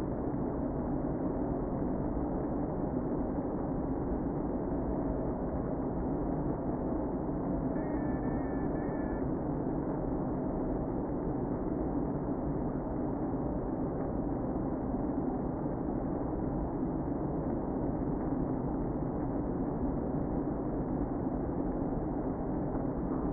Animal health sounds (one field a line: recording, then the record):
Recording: honeybee colony, microphone inside the hive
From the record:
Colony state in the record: queen present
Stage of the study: before two queens were removed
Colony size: about 60,000 bees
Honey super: yes